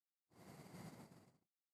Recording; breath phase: one breath near a microphone; exhalation